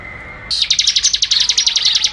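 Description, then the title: Bird song: a fast, even trill of high, sharp chirps pulses steadily for well over a second. "SuaraBurung Kicau1"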